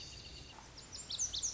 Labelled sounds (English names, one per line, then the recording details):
Lazuli Bunting
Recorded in Sonoma County, California